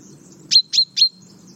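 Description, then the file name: Common chaffinch: three sharp, high call notes in rapid succession, each dropping into a brief steady whistle, over a soft low background hum. "Fringilla coelebs"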